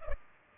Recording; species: mosquito wingbeat signal from an infrared sensor; Culex pipiens